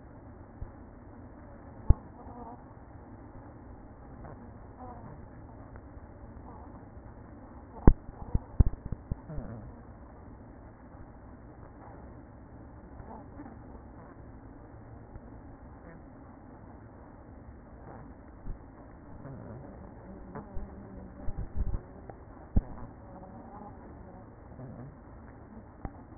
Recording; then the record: honeybee colony, microphone inside the hive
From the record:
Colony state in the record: queen present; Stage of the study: after two queens were removed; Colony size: about 60,000 bees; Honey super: yes